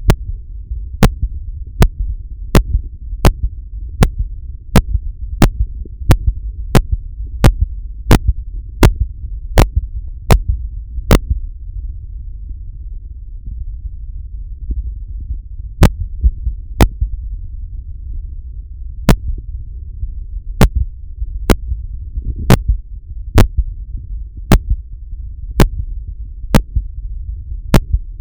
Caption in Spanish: Auscultación cardiaca del paciente en la que se escucha una marcada bradicardia con ritmo irregular y momentos de pausa prolongada.